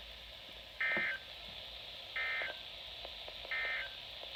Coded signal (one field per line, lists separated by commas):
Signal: Emergency Alert System (SAME) tones